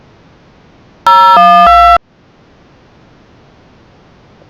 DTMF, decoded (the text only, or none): 012